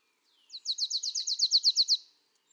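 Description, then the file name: Marsh tit producing a single quick trill of many high, slightly blurred notes that builds in loudness toward the end. "Poecile palustris"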